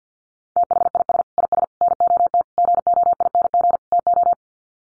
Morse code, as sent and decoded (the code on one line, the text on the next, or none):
- .... .. ... / .. ... / -. --- - / --. --- .. -. --. / - ---
THIS IS NOT GOING TO